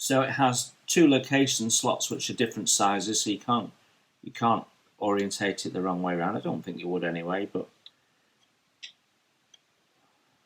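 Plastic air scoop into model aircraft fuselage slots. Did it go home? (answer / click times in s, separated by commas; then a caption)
yes / 8.8 s. Someone talks while pressing a plastic air scoop with two different-sized location tabs onto the front of the fuselage of an Airfix 1/48 Hurricane Mk.1 Tropical model. After the talking stops, a few faint ticks are heard, and the scoop clicks into place at 8.8 s.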